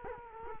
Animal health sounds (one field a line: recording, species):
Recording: mosquito wingbeat signal from an infrared sensor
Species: Culex quinquefasciatus